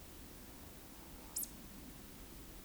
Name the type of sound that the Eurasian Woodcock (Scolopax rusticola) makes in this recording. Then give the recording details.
whistle, croak. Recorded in Baden-Württemberg, Germany, on 9 June 2021 at 20:15 UTC. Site 25175, 602 m above sea level